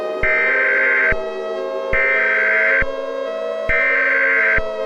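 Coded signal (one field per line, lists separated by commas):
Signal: Emergency Alert System (SAME) tones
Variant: header bursts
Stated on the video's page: Fictional EAS scenario, a simulated Halloween alert.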